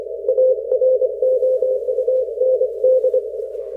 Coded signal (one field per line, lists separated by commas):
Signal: Morse code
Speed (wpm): 25 wpm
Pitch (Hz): 530 Hz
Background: none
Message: AROUND